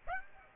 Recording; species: mosquito wingbeat signal from an infrared sensor; Aedes aegypti